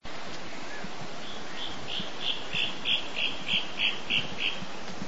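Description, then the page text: Black-billed scythebill call series: about ten clear whistled notes, repeated roughly three per second, growing louder midway, over a steady hiss and low rumble. Recorded in Brazil. "Black-billed Scythebill From Sounds of Brazil"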